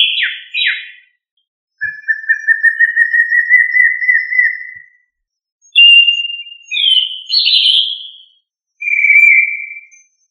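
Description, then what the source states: Thrush singing varied whistled phrases: sharp falling notes, a long slowly rising whistled phrase, then brighter wavering notes, with brief silences between. Thrush family, Turdidae.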